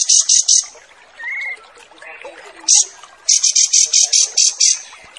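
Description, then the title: Kapas tembak song of sharp high notes in quick runs, with a short lower whistle between the groups. Wild bird; recording made as a training song for caged birds (masteran). "Masteran Kapas Tembak Liar"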